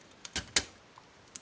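A plastic part of a transforming robot toy's leg is turned 90 degrees and pushed into a chute under another piece, with a few light taps and scrapes around it. A sharp, bright click at 0.6 s marks the part seating in the slot, and a small tick follows near 1.4 s. No one speaks.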